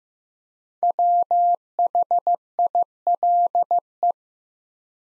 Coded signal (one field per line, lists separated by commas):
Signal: Morse code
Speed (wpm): 15 wpm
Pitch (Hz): 700 Hz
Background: none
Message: WHILE